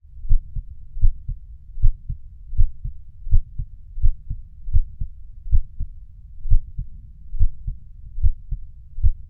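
Steady, low, muffled lub-dub heartbeats at about 82 beats a minute, each beat a close pair of thumps with even spacing. A calm resting heartbeat, with no added sounds between beats.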